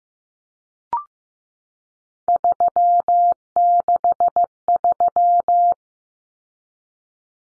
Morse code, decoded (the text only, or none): 363